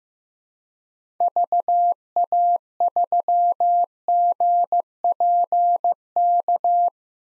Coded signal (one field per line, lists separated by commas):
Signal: Morse code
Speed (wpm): 15 wpm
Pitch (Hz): 700 Hz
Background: none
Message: VA3GPK